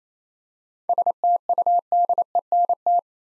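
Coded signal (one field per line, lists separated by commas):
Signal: Morse code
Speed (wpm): 27 wpm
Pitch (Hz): 700 Hz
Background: none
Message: STUDENT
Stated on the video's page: Morse practice at 28 wpm sending seven-letter words for head-copy, each word sent twice.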